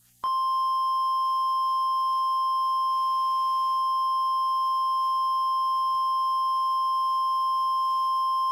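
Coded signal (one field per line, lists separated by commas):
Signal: Emergency Alert System (SAME) tones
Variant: 1050 Hz attention tone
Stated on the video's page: Fictional tornado outbreak EAS scenario; simulated.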